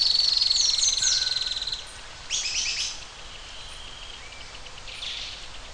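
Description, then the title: Bird song: a high, rapid trilled phrase for nearly two seconds, then a burst of buzzy chirping notes, followed by fainter thin calls over quiet background hiss. "LuckyPassaro Completos2Sama"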